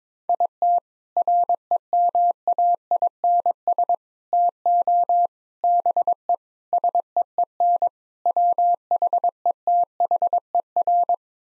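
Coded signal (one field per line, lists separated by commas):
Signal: Morse code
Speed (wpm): 22 wpm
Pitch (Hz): 700 Hz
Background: none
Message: IT REMAINS TO BE SEEN WHETHER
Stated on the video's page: Morse code practice at 22 wpm: sets of six common English words, each sent in Morse, then spoken, then sent again, for head-copy training.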